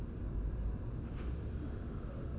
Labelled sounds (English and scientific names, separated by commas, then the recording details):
none
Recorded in Germany
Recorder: ecoPi